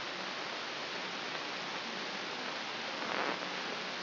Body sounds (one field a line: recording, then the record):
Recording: brain microelectrode recording played as sound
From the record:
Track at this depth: outside the subthalamic nucleus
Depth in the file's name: 7.505 mm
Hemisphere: left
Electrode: 3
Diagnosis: Parkinson's disease